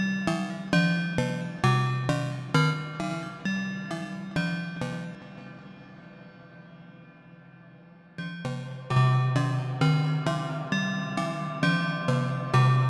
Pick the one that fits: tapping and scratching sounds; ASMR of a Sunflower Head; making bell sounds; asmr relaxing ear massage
making bell sounds